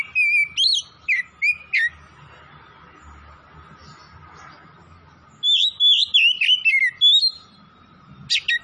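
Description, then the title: Oriental magpie-robin delivering short clear whistles, pausing several seconds, then a quick string of twisting, descending whistled notes and a final sharp chirp. Oriental magpie-robin from Tretes, singing vigorously (gacor). "Kacer Tretes"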